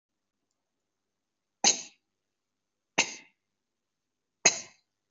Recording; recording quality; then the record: shallow voluntary cough; excellent, no background noise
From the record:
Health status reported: COVID-19 positive, no symptoms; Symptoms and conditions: none ticked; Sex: male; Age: 25 years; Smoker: not ticked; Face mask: not worn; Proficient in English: no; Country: India